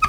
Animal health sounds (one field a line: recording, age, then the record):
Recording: pig call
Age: piglet (1 to 25 days)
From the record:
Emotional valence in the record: positive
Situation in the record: after nursing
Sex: male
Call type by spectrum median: low-frequency call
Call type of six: high-frequency stable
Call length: 0.09 s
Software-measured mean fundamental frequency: 185 Hz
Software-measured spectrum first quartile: 1174 Hz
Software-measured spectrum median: 1395 Hz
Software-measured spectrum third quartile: 2640 Hz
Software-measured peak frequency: 1255 Hz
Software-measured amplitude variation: 132 dB a second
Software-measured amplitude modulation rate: 5.7 a second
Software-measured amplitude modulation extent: 23.1 dB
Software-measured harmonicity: 13.2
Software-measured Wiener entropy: -3.06